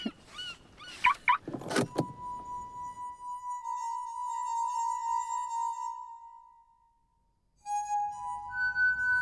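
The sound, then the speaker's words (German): People climb into a car: a few quick knocks and rustles as doors and seats are handled, then a steady high whine holds for several seconds, followed by a brief pause and bright electronic tones. “Komm, steig ein. Hier steht mein Auto.”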